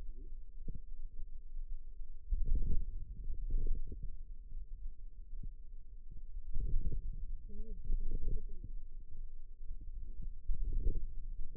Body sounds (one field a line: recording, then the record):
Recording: forearm muscle sounds (acoustic myography)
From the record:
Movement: ulnar deviation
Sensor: system 2, bracelet of six BSWA MPA416 microphones around the upper forearm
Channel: 4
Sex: female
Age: 21 years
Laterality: right